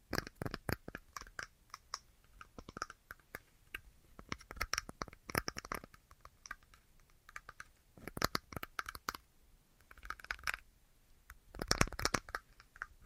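An assortment of tapping: quick, uneven bursts of sharp taps and light scratchy, crunchy touches, arriving in clusters with short pauses between. The sounds are mostly bright and crisp, with busier runs around 5, 8, 10 and 12 seconds.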